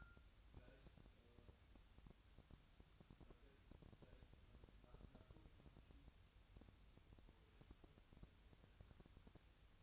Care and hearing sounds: daily activity, microphone in the room; wipe stove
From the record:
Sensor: 2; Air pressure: 1003.2 hPa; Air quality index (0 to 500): 201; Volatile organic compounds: 6 ppm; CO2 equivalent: 1913 ppm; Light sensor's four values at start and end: 7/16/7/7 and 7/16/7/7

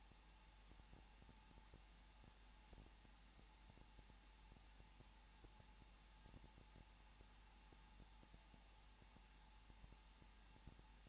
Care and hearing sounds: daily activity, microphone in the room; no activity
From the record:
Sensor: 1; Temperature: 20.2 degrees Celsius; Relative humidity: 35.7%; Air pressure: 994.5 hPa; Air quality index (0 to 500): 182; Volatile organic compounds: 7 ppm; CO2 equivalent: 2000 ppm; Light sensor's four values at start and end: 1/2/1/1 and 1/2/1/1

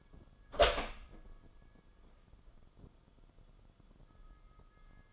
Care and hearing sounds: daily activity, microphone in the room; open door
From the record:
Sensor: 5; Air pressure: 994.4 hPa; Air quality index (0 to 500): 186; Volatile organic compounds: 1000 ppm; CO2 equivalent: 5479 ppm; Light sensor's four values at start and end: 16/39/16/18 and 18/46/19/21

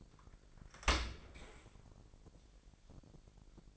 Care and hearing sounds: daily activity, microphone in the room; open dishwasher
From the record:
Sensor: 5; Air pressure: 1000.5 hPa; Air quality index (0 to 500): 248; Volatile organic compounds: 35 ppm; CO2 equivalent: 3052 ppm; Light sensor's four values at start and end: 31/71/28/27 and 31/72/29/27

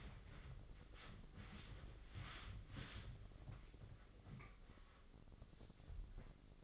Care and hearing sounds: daily activity, microphone in the room; wipe stove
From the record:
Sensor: 4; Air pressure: 996.8 hPa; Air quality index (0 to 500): 91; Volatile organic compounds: 5 ppm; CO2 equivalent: 1773 ppm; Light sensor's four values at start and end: 17/47/18/19 and 15/44/16/18

